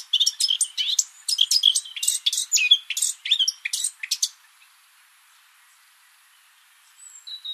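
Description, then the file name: Eurasian blackcap song: a rapid scratchy warbling run lasting about four seconds, then near silence with a faint high note at the end. "Sylvia atricapilla"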